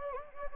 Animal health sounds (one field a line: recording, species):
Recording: mosquito wingbeat signal from an infrared sensor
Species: Anopheles gambiae